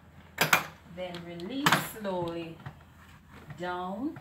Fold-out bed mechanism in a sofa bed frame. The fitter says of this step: you will hear a snap then